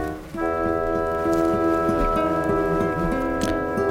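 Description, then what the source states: Honey bees humming inside the hive, a steady droning tone with layered harmonics. Honey bees recorded inside a Warré hive.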